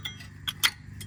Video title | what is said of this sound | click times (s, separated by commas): 2012-2018 Ford Focus Front & Rear Brakes Replacement How-To | just like that you'll feel it snap into place | 0.7 s